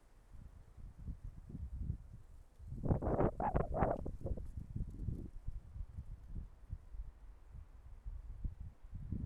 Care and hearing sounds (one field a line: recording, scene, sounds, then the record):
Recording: everyday scene through a hearing-aid microphone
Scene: wind on the microphone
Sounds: wind, traffic, birds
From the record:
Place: suburban garden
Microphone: behind the ear, left, rear